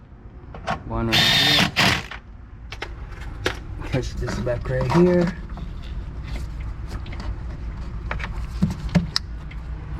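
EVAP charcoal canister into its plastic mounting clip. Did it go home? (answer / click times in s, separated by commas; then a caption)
yes / 9.2 s. An EVAP charcoal canister on a Volkswagen Passat/CC is pushed back into its plastic mounting clip on the car while someone talks, with scattered handling knocks and scrapes. A sharp, short click at 9.2 s marks the canister seating in the clip.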